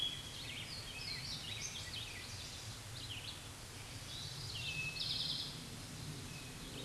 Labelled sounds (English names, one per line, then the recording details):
Eastern Towhee song
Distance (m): 40 m
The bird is about 5 m above the microphone
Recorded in a Pennsylvania forest on 16 May 2024 at 09:48
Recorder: AudioMoth, point MSD-2287
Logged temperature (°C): 11.2 °C
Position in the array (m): 106 m, 8 m